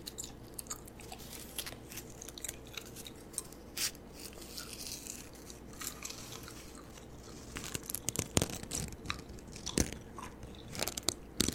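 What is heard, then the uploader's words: Wet gum chewing with frequent soft smacks and clicks, growing busier near the end, over a low steady hum. ASMR Gum Chewing.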